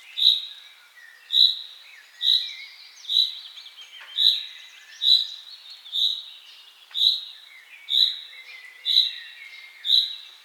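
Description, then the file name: Common chaffinch repeating a brief, high-pitched call note steadily, roughly every second. "Fringilla coelebs"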